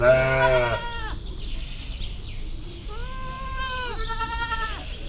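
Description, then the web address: Goat bleats: a loud bleat, then after a pause two steadier bleats in close succession, over low ambient noise. Recorded in the farmyard section of Szeged Zoo in 2011. "allathangok szegedizoo 2011 standardt parasztudvar mudikecske"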